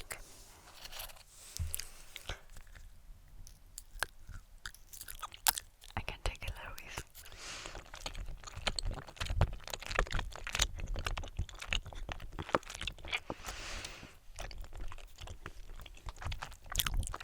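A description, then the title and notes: Crisp crunching and chewing of snacks, with dense, irregular clicks and cracks packed throughout the whole stretch. Sharper bites stand out near three, six, nine and fourteen seconds, and a brief low thump comes early on. ASMR Eating German Snacks.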